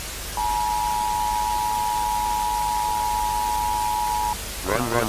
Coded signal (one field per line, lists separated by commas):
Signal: Emergency Alert System (SAME) tones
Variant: 853 and 960 Hz attention tone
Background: speech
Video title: Godzilla eas alarm part 1 )read description)